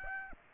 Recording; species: mosquito wingbeat signal from an infrared sensor; Aedes aegypti